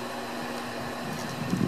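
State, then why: Not seated. A plastic wiring harness connector is lined up with the new ignition coil pack on a 2010 Hyundai Elantra; it only fits one way and is oriented before being pushed in. A steady broadband hum fills the clip, with a few slightly louder bumps near the end. Nothing has seated or clicked yet.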